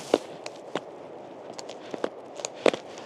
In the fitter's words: it's then just a case of clicking on either side